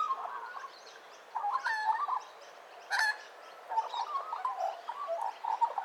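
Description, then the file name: Australian magpie carolling, a mix of gurgling, yodelling notes and warbles, broken by a couple of sharp harsh bursts, the carolling continuing after a short pause. "Australian Magpie Gymnorhina Tibicen Carroling"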